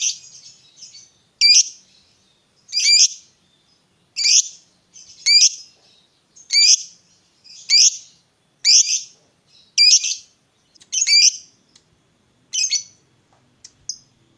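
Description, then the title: Lovebird giving shrill, harsh chirps, each a short burst repeated every second or so, with quieter twitters between. The lovebird's style is said to make it look very good at provoking or luring other birds into calling. "Dari Gayanya Lovebird Ini Terlihat Pintar Sekali Memancing"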